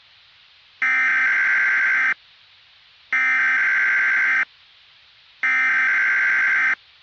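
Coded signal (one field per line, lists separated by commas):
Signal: Emergency Alert System (SAME) tones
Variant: header bursts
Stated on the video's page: Fictional, hypothetical EAS scenario about tornadoes, not a real alert.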